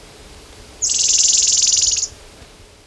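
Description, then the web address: White-sided flowerpiercer giving one dense, very high buzzy trill just over a second long, steady in pitch and volume, with quiet hiss before and after. Ecuador. "Natures Songs S America Birds of Ecuador. White-Sided Flowerpiercer"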